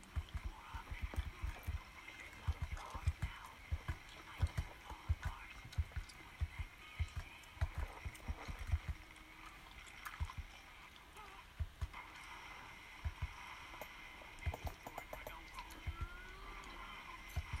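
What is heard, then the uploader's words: Irregular wet clicks and short crunchy bursts of eating and stirring come every second or so, over a steady murmur of background voices. Sʟᴜʀᴘɪɴɢ, ᴄʜᴇᴡɪɴɢ, ᴄʀᴜɴᴄʜɪɴɢ, ᴛʏᴘɪɴɢ, sᴛɪʀʀɪɴɢ ᴀɴᴅ ᴀʟsᴏ ᴀɴɪᴍᴇ ɪɴ ᴛʜᴇ ʙᴀᴄᴋɢʀᴏᴜɴᴅ.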